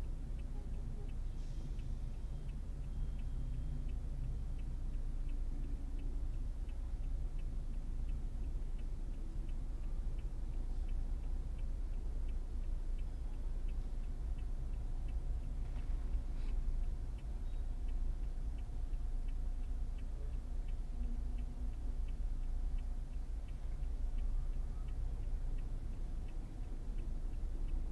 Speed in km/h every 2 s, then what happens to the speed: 0, 0, 0, 0, 0, 0, 0, 0, 0, 0, 0, 0, 0, 6.
0-25 standing. 25-28 pulls away to 6.